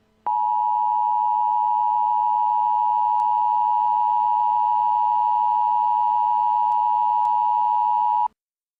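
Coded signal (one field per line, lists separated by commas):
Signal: Emergency Alert System (SAME) tones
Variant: 853 and 960 Hz attention tone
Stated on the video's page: Simulated EAS alert based on a TV episode, using real EAS tones made with PowerPoint, text-to-speech and Audacity.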